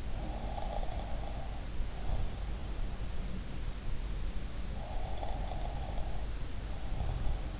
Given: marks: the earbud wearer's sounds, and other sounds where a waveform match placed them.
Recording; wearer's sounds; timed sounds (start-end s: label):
sounds in sleep by an in-ear microphone; snoring breath
0.08-2.35 s: snoring breath
4.76-7.60 s: snoring breath